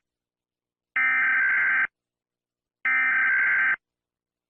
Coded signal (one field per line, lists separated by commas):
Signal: Emergency Alert System (SAME) tones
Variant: header bursts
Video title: S2: Animated EAS Alarms Part 10 | The Finale